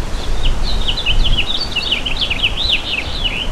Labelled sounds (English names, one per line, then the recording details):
House Finch song
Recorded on Long Island, New York, on 11 June 2012
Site OP
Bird A